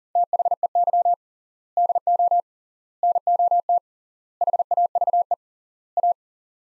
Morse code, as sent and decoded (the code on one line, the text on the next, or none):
- .... . -.-- / -.. --- / -. --- - / .... .- ...- . / .-
THEY DO NOT HAVE A